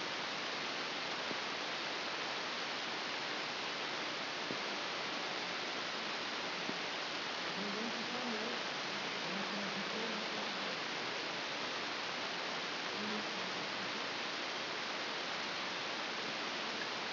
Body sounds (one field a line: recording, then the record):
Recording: brain microelectrode recording played as sound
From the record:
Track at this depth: inside the subthalamic nucleus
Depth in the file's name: 5.115 mm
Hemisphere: left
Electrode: 2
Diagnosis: Parkinson's disease